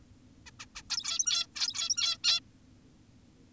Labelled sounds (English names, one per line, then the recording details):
Zebra Finch
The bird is an adult
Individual g17y2U